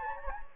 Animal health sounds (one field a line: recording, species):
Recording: mosquito wingbeat signal from an infrared sensor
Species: Anopheles gambiae